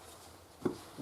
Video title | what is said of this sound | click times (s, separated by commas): How to Change BMW F22 / F23 Oil Filter | this goes in there you should have Goble to hear it click let | 0.7 s